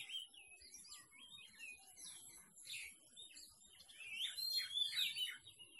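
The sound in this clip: Birds twitter and chirp with short whistled notes, growing louder and busier toward the end.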